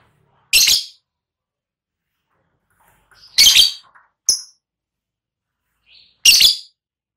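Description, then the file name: Lovebird making a few harsh, raspy squawks spaced a couple of seconds apart, with one short thin squeak among them. Lovebird singing in the ngekek style, a long chattering trill, described as auto gacor. "suara burung lovebird ngekek auto gacor"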